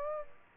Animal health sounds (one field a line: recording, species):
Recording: mosquito wingbeat signal from an infrared sensor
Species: Aedes aegypti